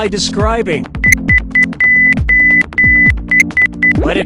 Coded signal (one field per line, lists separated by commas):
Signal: none